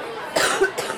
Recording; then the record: coughing mixed with background sound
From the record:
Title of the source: 34 coughing up crap again